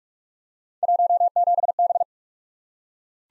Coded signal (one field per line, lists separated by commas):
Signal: Morse code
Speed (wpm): 44 wpm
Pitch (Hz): 700 Hz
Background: none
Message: 17B